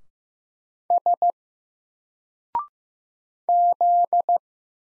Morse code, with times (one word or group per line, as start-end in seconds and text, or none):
0.9-1.3 S
3.5-4.4 Z